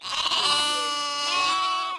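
Sheep: lamb bleating: one loud, drawn-out, quavering bleat lasting about two seconds, rich and nasal, ending abruptly.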